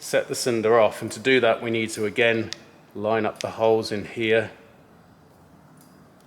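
Someone talks for about four and a half seconds while lining up the holes in the metal discharge head of a fire suppression cylinder, after resetting its mechanism, so the safety pin can be inserted. The clip then falls to quiet background. Nothing has clicked or seated yet; the parts are only being aligned.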